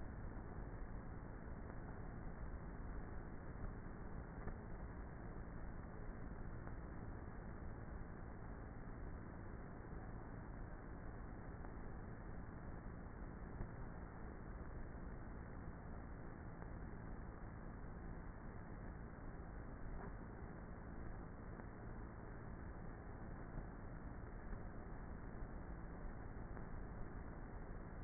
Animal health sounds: honeybee colony, microphone inside the hive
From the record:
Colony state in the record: queenless with a low population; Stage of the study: before two queens were removed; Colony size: about 30,000 bees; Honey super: no

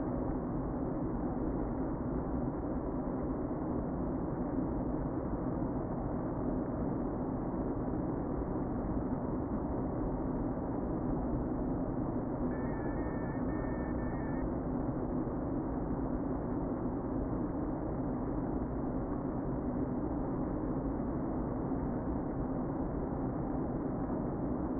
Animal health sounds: honeybee colony, microphone inside the hive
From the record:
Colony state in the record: queen present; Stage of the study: before two queens were removed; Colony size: about 60,000 bees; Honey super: yes

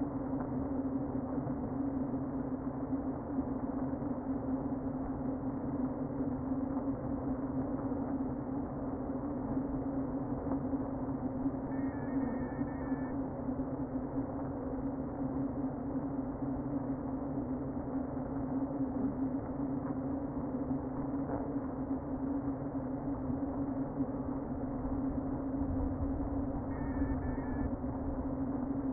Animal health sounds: honeybee colony, microphone inside the hive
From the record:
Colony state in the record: queen present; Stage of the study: before two queens were removed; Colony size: about 60,000 bees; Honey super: yes

